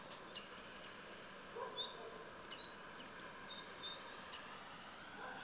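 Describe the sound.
Bird calls: thin, high whistled notes, short, given in loose series against a quiet outdoor background hiss.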